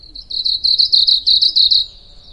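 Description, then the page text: Asian stubtail giving a rapid, shrill insect-like trill of quick pulses, growing louder then cutting off sharply; faint low background noise. Japan; continuous, rapid, very insect-like high-pitched song that usually seems to stop abruptly; easier to hear in March; mostly delivered from middle to upper vegetation layers. "短尾鶯. Teruo Furushima, Wild Bird Songs in Japan, 日本"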